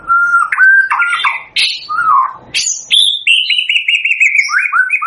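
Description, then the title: White-rumped shama song opening with a steady clear whistle, then sharp upslurred notes and a fast series of repeated high trilled notes. Lure recording used for bird trapping; bird singing constantly (gacor). "PANCINGAN MURAI BATU GACOR"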